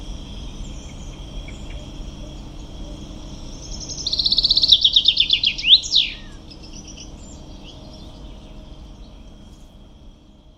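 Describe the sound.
Common chaffinch gives a single song burst midway: a rapid cascade of crisp notes dropping in pitch and ending with a swooping flourish, with quiet stretches before and after.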